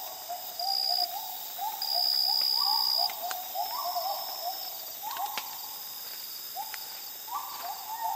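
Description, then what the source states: Gibbon calling in fast series of upswept hoots with some higher, louder phrases, bursts of a shrill high whine and a steady insect background. Calm dawn chorus in the jungles of the Borneo rainforest, with insects.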